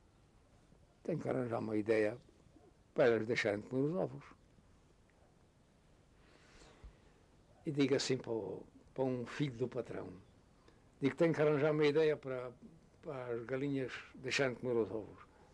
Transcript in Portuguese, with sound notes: Tenho que arranjar uma ideia para elas deixarem de comer os ovos". [pausa] E digo assim para o para um filho do patrão, digo: "Tenho que arranjar uma ideia para para as galinhas deixarem de comer os ovos".